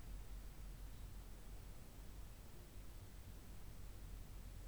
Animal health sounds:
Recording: poultry house recording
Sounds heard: no chicken sound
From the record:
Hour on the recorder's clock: 0

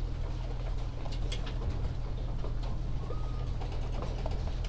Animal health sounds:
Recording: poultry house recording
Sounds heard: healthy chickens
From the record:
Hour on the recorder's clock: 14

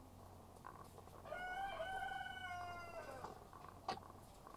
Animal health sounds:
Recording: poultry house recording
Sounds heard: sick chickens (respiratory disease)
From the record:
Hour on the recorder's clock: 12

